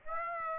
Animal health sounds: mosquito wingbeat signal from an infrared sensor; Aedes aegypti

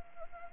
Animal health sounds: mosquito wingbeat signal from an infrared sensor; Anopheles arabiensis

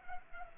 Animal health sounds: mosquito wingbeat signal from an infrared sensor; Culex pipiens

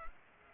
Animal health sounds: mosquito wingbeat signal from an infrared sensor; Culex pipiens

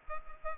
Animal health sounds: mosquito wingbeat signal from an infrared sensor; Culex pipiens

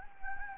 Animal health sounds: mosquito wingbeat signal from an infrared sensor; Anopheles gambiae

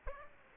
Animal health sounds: mosquito wingbeat signal from an infrared sensor; Aedes aegypti

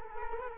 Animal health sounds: mosquito wingbeat signal from an infrared sensor; Culex quinquefasciatus

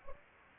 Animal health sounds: mosquito wingbeat signal from an infrared sensor; Anopheles gambiae

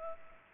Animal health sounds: mosquito wingbeat signal from an infrared sensor; Culex pipiens

